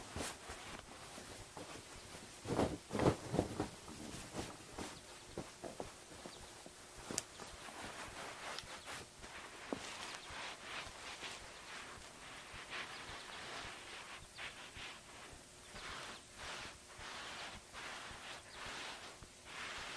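Hair washing and brushing at a head spa, a steady run of soft rustling strokes with louder scratchy bursts near three seconds and seven seconds.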